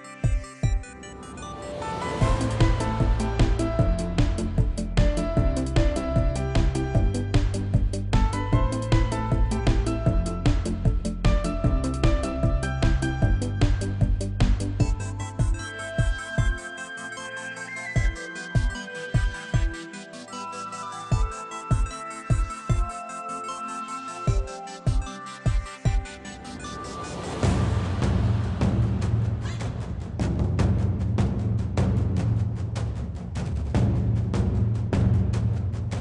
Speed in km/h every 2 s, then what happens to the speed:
81, 81, 79, 79, 79, 79, 82, 84, 81, 79, 79, 82, 82, 82, 82, 84, 84, 89.
0-33 steady at about 81.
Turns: none.